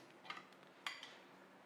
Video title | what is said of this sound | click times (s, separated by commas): Gigabyte Z890 AI top Review: Your own personal AI on your desktop? | And then we just click that into place, and we'll do the same thing with this one. | 0.9 s